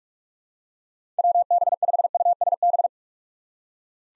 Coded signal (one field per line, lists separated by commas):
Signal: Morse code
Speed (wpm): 46 wpm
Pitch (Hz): 700 Hz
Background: none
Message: WB5USB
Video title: 2023 SOTA Activator Call Signs - 45wpm